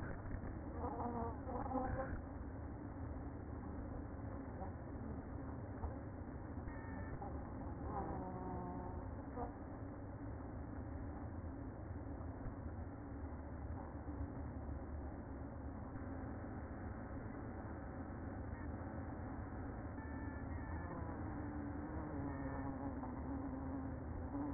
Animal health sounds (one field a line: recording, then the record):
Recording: honeybee colony, microphone inside the hive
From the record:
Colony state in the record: queen present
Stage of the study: after two queens were removed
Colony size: about 60,000 bees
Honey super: yes